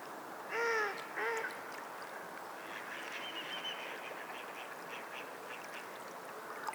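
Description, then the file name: Duck calls: two short, nasal, harmonic calls in quick succession near the start, then steady hiss for the rest. In water. "Spa Raindrops Sleep Relaxing Sleep Sound - Ducks in the Water"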